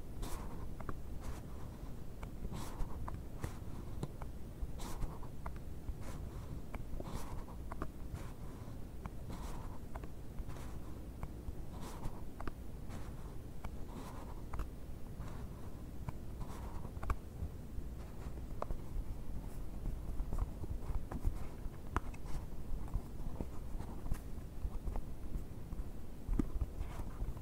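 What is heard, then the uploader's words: A cardboard box is handled and scratched, with a dense, steady scraping and rubbing that runs the whole time. Sharp clicks and brief bright scratches break through every second or so, and a low rumble sits underneath throughout. ASMR BOX OPENING, BOX SCRATCHING NO TALKING.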